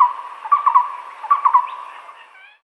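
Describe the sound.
Moustached barbet giving two quick phrases of deep hollow hoots with stuttering notes, then fading out.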